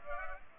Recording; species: mosquito wingbeat signal from an infrared sensor; Culex pipiens